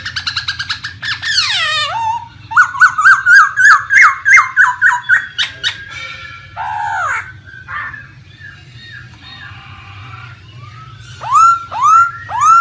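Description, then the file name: Laughingthrush song: a steeply falling squeal, a quick run of rising whistled notes, scattered chattering notes, then a pause and loud bright whistles, over a low hum. Laughingthrush singing in its wild, forest-style voice. "Tieng khuou hot giong rung"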